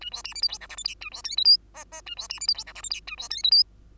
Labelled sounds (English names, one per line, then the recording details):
Bengalese Finch song
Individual Bird2